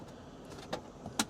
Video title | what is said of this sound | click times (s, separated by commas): 1,200 mile ultimate Rivian R1S Family Road Trip to Acadia National Park with kids and dog - Part 2 | unlock it and easily removable like that just by pulling the little cord | 1.2 s